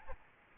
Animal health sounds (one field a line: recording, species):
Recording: mosquito wingbeat signal from an infrared sensor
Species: Aedes albopictus